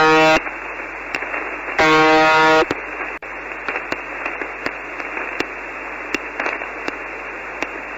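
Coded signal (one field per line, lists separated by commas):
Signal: channel marker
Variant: UVB-76 (The Buzzer)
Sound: two short, harsh, low buzzes over hissing shortwave static with occasional clicks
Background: radio static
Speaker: the signal continues and has never been explained. Михаил, Дмитрий,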